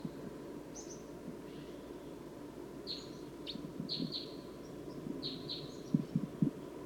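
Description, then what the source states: Red crossbill calls: scattered high, sharp chips, some paired, over a steady low hum, with a few low knocks near the end. Call type 2; flock of about 14 birds.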